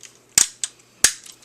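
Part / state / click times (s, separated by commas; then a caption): lion front legs into toy body joint / seated / 0.4 s, 1.1 s. The front legs of a plastic toy robot's lion piece are flipped back and snap into place at the body joint. Sharp, loud plastic clicks sound at about 0.4 and 1.1 seconds, with a softer click at 0.6 seconds between them. The legs are seated.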